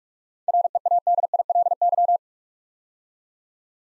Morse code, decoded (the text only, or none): READILY